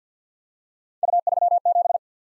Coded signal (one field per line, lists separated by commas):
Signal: Morse code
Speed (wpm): 52 wpm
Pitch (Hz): 700 Hz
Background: none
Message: U37